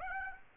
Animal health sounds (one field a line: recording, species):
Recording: mosquito wingbeat signal from an infrared sensor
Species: Aedes aegypti